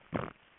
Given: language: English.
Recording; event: throat vibration sensor signal played as sound; swallow